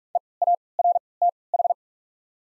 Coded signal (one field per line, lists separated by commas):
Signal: Morse code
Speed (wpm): 44 wpm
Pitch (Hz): 700 Hz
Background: none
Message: E A R T H